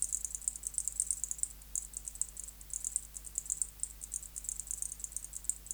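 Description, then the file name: Zichya bush-cricket song: shrill ticking pulse groups in quick succession, with one brief pause, over a constant low background hum. "Zichya sp"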